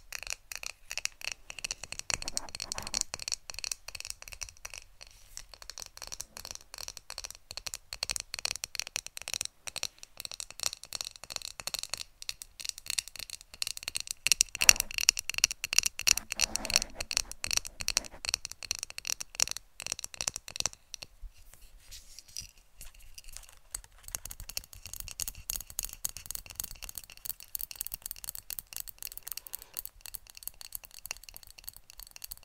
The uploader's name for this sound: ASMR Best Tapping